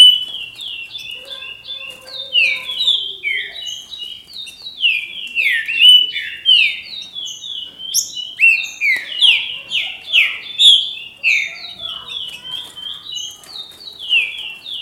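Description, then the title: Green-winged saltator in sustained song: a long, fast series of downslurred whistled notes, rising and falling in loudness. "Trinca Ferro"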